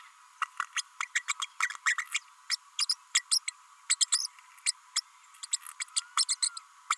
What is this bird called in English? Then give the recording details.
Green-rumped Parrotlet. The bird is a female. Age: 32 days. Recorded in a nest box in Venezuela. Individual 17B32A5